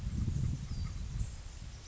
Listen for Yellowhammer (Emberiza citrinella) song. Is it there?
no